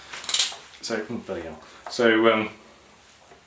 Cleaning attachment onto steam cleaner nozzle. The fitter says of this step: gonna go like that and then you twist it and it locks into place so